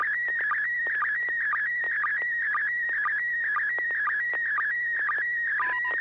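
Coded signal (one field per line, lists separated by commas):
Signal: SSTV (slow-scan television)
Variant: PD120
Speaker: this will be pd120 and I actually don't know what this is so we'll we'll figure it out together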